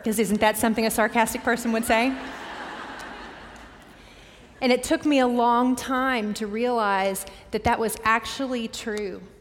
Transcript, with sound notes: Because isn't that something a sarcastic person would say? [laughter] And it took me a long time to realize that that was actually true!